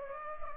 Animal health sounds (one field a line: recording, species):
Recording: mosquito wingbeat signal from an infrared sensor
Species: Culex pipiens